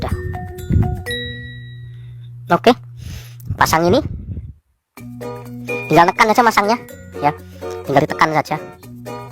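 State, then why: Not seated. An LED bulb's plastic cover or housing is handled by hand and pressed toward the bulb base, while someone talks over loud background music with chime-like tones. Nothing has seated or clicked yet by the end of the clip.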